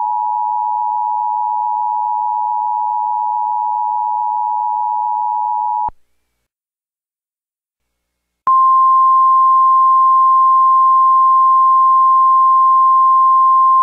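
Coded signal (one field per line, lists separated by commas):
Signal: Emergency Alert System (SAME) tones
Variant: 853 and 960 Hz attention tone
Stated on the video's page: Fictional alert scenario, simulated with a siren pack.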